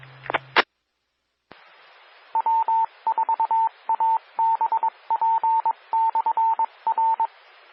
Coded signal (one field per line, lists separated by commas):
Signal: Morse code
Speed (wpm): 22 wpm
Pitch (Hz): 900 Hz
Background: radio noise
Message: EE W4ABP/R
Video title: 2021-08-17 - Northeast Georgia Amateur Radio Repeaters